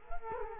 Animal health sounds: mosquito wingbeat signal from an infrared sensor; Culex quinquefasciatus

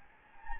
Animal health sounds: mosquito wingbeat signal from an infrared sensor; Anopheles gambiae

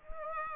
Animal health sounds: mosquito wingbeat signal from an infrared sensor; Aedes aegypti

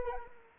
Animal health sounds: mosquito wingbeat signal from an infrared sensor; Anopheles arabiensis

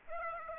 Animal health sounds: mosquito wingbeat signal from an infrared sensor; Aedes aegypti

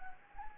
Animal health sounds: mosquito wingbeat signal from an infrared sensor; Anopheles arabiensis

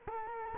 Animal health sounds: mosquito wingbeat signal from an infrared sensor; Culex quinquefasciatus

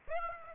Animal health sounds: mosquito wingbeat signal from an infrared sensor; Aedes aegypti

